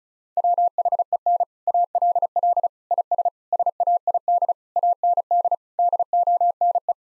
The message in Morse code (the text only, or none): WHEN ALL IS SAID AND DONE